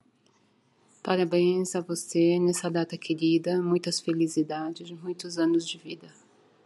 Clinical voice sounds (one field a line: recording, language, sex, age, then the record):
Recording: short text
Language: Brazilian Portuguese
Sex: female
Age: 50 to 59 years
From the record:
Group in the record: control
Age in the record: 58 years